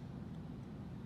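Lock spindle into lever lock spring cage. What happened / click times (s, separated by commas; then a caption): The spindle is being handled and has not yet snapped into place / none. The metal spindle of a Schlage ALX door lever lock, positioned for the Vandlgard function, is guided into the lever lock's spring cage assembly. A steady low rumble fills the clip, and a brief, bright sound rises sharply at about 1.2 s. Nothing has seated or snapped into place yet.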